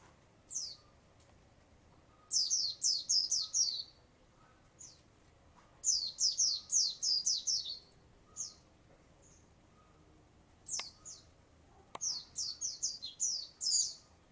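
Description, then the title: White-eye song: bright, high-pitched twittering phrases of fast descending notes, several long runs broken by single chirps, plus two faint clicks. "Pleci"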